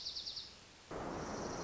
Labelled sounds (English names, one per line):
Dark-eyed Junco